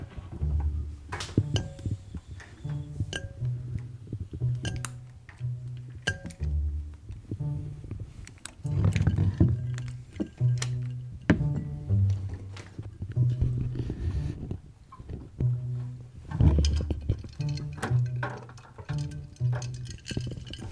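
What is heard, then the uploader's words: Close-up foley sounds of tapping, rubbing and clinking glass and cardboard arrive in a loose, semi-rhythmic pattern of sharp hits. Underneath, a low synthesized bass line moves in short sustained notes that come and go throughout. The recording is close and dry. A collage of closeup and foley recordings, with occasional accompaniment by computer synthesized contrabass and tuba. Semi-rhythmic rubbing and tapping glass and cardboard.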